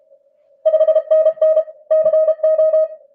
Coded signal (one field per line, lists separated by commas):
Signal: Morse code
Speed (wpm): 33 wpm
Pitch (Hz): 630 Hz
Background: none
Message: 5NN CO